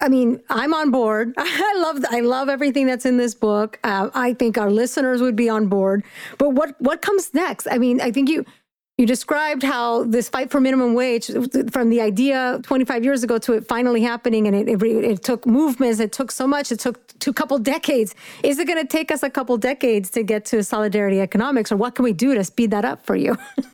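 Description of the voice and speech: A woman asks a question in fluent, clear conversational speech with a mid-pitched, steady voice: ordinary normal voice.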